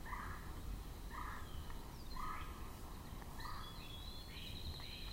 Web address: Red-bellied Woodpecker